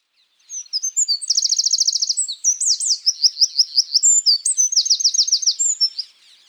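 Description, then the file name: Eurasian wren song, a loud, rapid high-pitched outpouring of trills and twittering notes lasting about five seconds, with fast rattling trill segments between clear chirps. "Troglodytes troglodytes"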